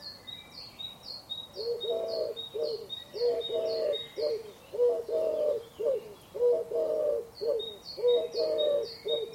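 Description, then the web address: Bird calling, soft rhythmic cooing notes in repeated phrases, while a steady string of short high chirps runs throughout over a quiet hiss. "Deverinetal 2025 File origin Bird Only"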